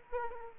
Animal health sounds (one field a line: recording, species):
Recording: mosquito wingbeat signal from an infrared sensor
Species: Aedes aegypti